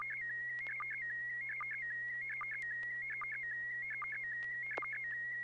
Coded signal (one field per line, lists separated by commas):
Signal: SSTV (slow-scan television)